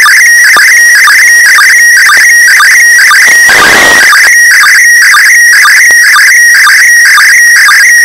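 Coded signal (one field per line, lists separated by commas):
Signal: SSTV (slow-scan television)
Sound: warbling tone sweeping around 1.5-2.3 kHz with regular short sync chirps about twice a second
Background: radio static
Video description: Slow Scan Television (#SSTV) image transmitted from #ISS the International Space Station.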